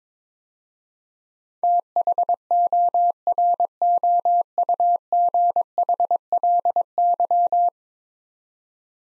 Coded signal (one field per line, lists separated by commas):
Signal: Morse code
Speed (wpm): 22 wpm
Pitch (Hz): 700 Hz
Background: none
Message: THOROUGHLY